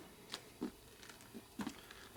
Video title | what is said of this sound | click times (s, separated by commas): 1979 shovelhead 80ci #116 motor rebuild harley by tatro machine keith's rigid frame chopper | okay you heard it pop maybe I don't know if you heard or not | 0.3 s